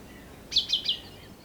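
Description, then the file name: Common chaffinch: a quick run of three bright, high, clipped notes in about half a second against a soft noisy background. "Fringilla coelebs"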